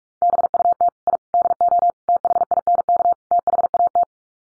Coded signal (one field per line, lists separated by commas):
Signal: Morse code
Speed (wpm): 44 wpm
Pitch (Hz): 700 Hz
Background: none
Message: BUT I DO THINK THAT